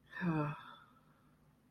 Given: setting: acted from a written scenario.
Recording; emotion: vocal sound without words; guilt